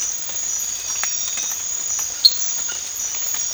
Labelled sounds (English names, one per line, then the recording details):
none
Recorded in pastures near Puerto Asís, Putumayo, Colombia, on 8 March 2025 at 04:30
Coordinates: 0.502, -76.324
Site GP07